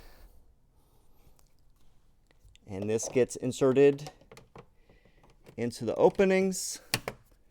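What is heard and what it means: A plastic side trim piece from a Fisker Ocean One cabin is handled with its clips lined up to go into the openings in the dash side. Someone talks while faint taps and clicks are heard. The clip ends just before the piece goes home, and nothing has snapped or seated yet.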